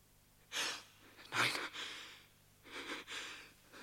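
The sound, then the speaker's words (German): Heavy, ragged human breathing, about five hoarse inhales and exhales in uneven succession, airy and hissing, with one sharper gasp-like intake partway through. No talking. A sleeping, snoring man with a massive neck is breathing. “Aber es ist ein Mensch. Er atmet.”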